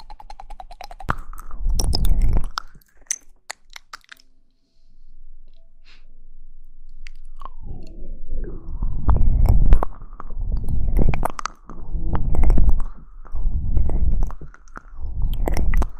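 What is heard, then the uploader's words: Mouth sounds, mostly wet chewing and crunching, come in bursts with sharp clicks and smacks scattered through. A quiet pause falls around four to seven seconds, then the chewing returns denser and steadier, with low rumbling thuds under crisp, snappy bites. Mouth Sounds.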